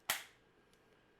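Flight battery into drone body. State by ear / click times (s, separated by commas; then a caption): seated / 0.1 s. A flight battery is slid into the connector end of an Autel Robotics X-Star Premium drone, orange version. A loud, sharp snap at 0.1 s shows the battery locking into place, followed by a faint tick near 0.7 s and then quiet. The battery is seated.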